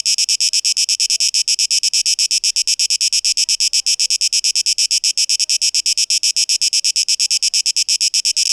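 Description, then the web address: Cicada song: a steady train of harsh, buzzy high pulses, running unbroken throughout with no other clear sounds. 12 August 2023. "rauschpartikel 2023-08-12 Zikaden"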